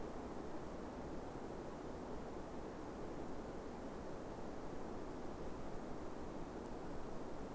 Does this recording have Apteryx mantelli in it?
no